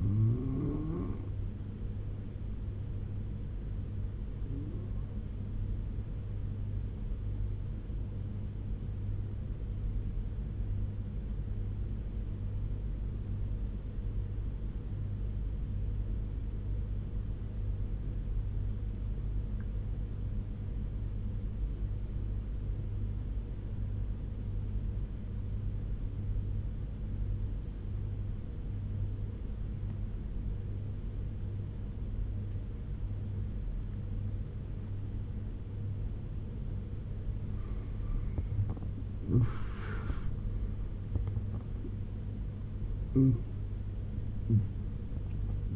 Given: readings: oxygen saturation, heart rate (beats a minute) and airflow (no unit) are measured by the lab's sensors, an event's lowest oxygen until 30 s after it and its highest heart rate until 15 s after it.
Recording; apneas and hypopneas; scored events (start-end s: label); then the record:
breathing in sleep by a smartphone at the bedside; 1
8.00-38.20 s: obstructive apnea (N1, oxygen 96% highest, then 83% lowest, heart rate 75 at the start, 90 highest)
12.00-42.00 s: new sleep stage, N2 (light sleep)
42.00-45.75 s: new sleep stage, N1 (lightest sleep)
From the record:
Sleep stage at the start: N1 (lightest sleep); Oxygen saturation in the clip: 84 to 96%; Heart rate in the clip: 69 to 90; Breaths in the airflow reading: 3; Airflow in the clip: -9.5 to 12.6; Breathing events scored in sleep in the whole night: 201 in 6.5 hours asleep